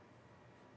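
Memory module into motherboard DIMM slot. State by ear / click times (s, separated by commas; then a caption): not seated / none. A DDR5 memory module is handled at a gray motherboard DIMM slot, lined up to be pushed in until its latch closes. Only steady, even background noise is heard, with no sharp sounds. Nothing has seated or clicked yet.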